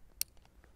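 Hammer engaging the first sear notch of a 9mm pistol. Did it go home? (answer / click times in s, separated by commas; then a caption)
yes / 0.2 s. The hammer of a Zastava M70A single-action steel 9mm pistol is lowered onto its first notch (half-cock) to make the gun safe. A sharp metallic click is heard at 0.2 s, followed by a few faint ticks. The hammer catches on the half-cock sear notch, confirming the pistol is now safe.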